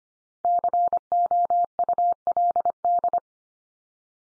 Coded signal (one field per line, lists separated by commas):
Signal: Morse code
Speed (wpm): 25 wpm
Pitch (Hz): 700 Hz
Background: none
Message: COULD